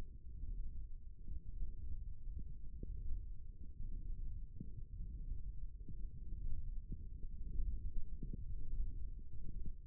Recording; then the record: forearm muscle sounds (acoustic myography)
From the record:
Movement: ulnar deviation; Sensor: system 1, eight BSWA MPA416 microphones around the upper forearm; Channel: 2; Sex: male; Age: 18 years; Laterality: right